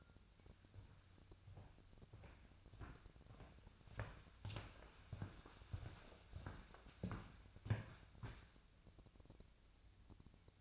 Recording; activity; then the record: daily activity, microphone in the room; walk to room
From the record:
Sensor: 2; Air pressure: 999.8 hPa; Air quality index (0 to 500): 122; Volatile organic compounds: 2 ppm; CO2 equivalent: 1057 ppm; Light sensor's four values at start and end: 31/75/33/37 and 30/72/32/36